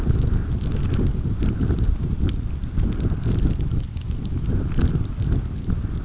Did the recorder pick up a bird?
no